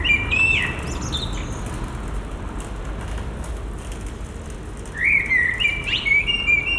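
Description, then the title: Common blackbird song: a short fluted phrase at the start, a pause, then a longer mellow warble ending in squeaky high notes, with low background rumble. Recorded at Résidence Sainte-Gertrude in the Marolles, Brussels, Belgium, with a Sony PCM-M10 and Luhd PM-01 binaural microphones. "Marolles, 1000 Bruxelles, Belgique - Résidence Sainte-Gertrude - Merle - Blackbird"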